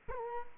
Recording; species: mosquito wingbeat signal from an infrared sensor; Culex quinquefasciatus